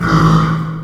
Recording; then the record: squeal of a Yucatan mini pig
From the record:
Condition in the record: after surgery on the right vocal fold (resection and tissue-engineered implant); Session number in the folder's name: 15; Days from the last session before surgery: 175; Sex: female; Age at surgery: 19 weeks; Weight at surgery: 25 kg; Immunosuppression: prednisolone